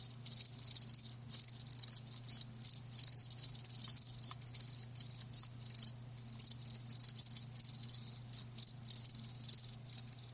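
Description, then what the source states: Cricket chorus of high pulsed chirps in repeated bursts with brief silences, a steady rhythm throughout, with a low constant hum. Live crickets chirping, a lulling song.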